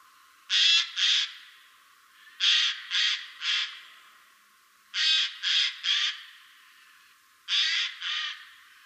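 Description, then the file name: Eurasian jay uttering loud, hoarse screeches in quick bursts of two or three, the bursts repeated about every two seconds. "Garrulus glandarius"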